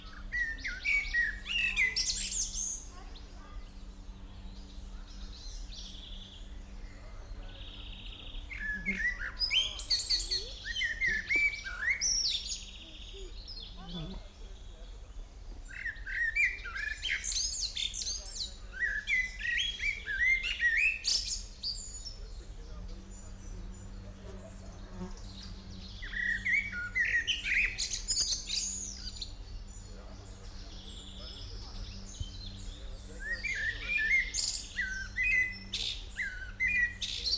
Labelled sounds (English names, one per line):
Common Blackbird